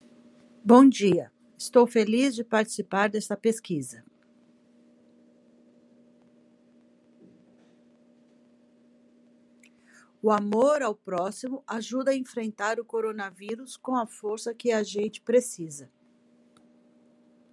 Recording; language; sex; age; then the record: spoken sentence; Brazilian Portuguese; female; 50 to 59 years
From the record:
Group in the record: control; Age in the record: 55 years